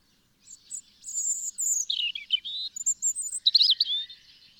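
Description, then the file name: European robin song, one continuous phrase of high thin whistles that drop to lower slurred notes, then a bright, rapid, twittering flourish at the end. "Erithacus rubecula"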